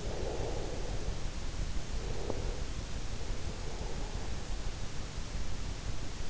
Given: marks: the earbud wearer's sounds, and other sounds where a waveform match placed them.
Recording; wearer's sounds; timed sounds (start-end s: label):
sounds in sleep by an in-ear microphone; breath
0.00-1.36 s: breath
1.85-4.54 s: breath